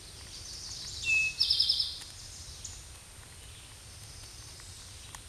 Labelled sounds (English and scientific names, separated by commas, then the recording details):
Eastern Towhee (Pipilo erythrophthalmus) song
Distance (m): 10 m
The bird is about 5 m above the microphone
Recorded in a Pennsylvania forest on 16 May 2024 at 09:48
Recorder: AudioMoth, point MSD-0627
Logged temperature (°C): 14.8 °C
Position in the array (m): 106 m, 8 m